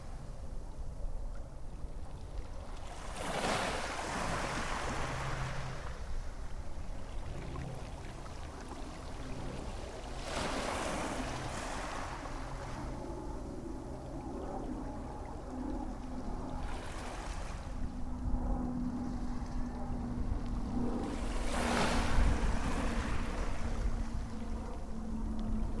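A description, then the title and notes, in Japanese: Waves wash in at the water's edge on a beach, breaking in four bright surges around 3, 10, 17 and 22 seconds, each hissing and fading. A steady low rumble runs underneath, with a faint engine-like drone, perhaps a boat, in the background. 波の音（Binaural）- sound of waves。葉山の海岸で録った波打ち際の音です。バイノーラル録音なのでイヤホンで聴くと臨場感があります。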